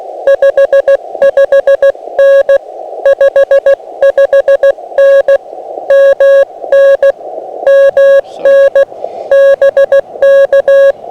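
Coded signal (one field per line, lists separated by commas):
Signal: Morse code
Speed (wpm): 17 wpm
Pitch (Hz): 550 Hz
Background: none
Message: 55N 55N MN MN BK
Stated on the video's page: QRP park activation, FT-891 at 5 watts into an end-fed random wire via tuner, dummy load accidentally left switched in; on 15, 10, 17 and 20 m.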